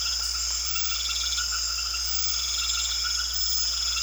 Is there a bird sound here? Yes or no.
no